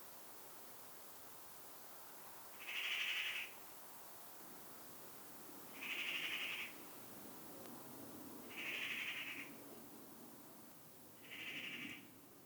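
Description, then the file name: Eurasian magpie uttering four short, grating calls spaced roughly three seconds apart against a soft background hiss. "Pica pica"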